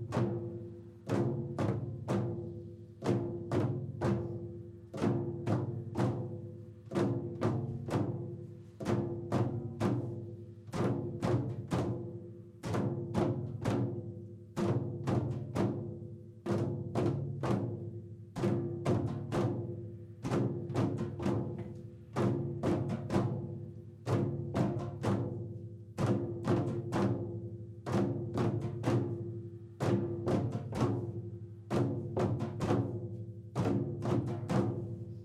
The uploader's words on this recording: Come to Me Beat Drum Sequence. The Sound Gathering Sound & Drum Circles improvised recordings in a community setting with novice & experienced participants.